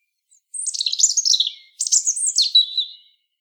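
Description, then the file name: European robin song: two quick, very high, tumbling warbled phrases, the second ending in a lower thin trill. "Erithacus rubecula"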